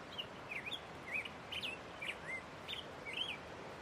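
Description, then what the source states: Black-headed Grosbeak song: short sweet whistled phrases, rising and falling, delivered in a loose warbling string over a soft steady background hiss. Male singing, recorded in spring down by a creek near a mountain cabin, after migratory grosbeaks returned to the mountain.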